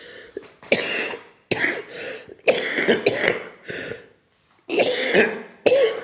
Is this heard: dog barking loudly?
no